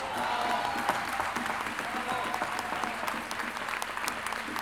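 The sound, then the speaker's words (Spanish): An audience at a gathering of payadores in Lo Barnechea applauds steadily, a dense wash of many hands clapping with crisp individual claps poking through, loud and sustained throughout with no talk over it. “Un gran aplauso para todos mis hermanos, mis compañeros de trabajo y de labor.”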